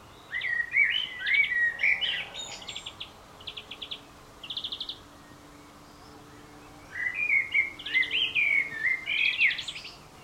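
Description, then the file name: Common blackbird song: a rich fluty warble, then short rapid buzzy trills, a pause, and another melodious phrase with twittering notes. "Turdus merula"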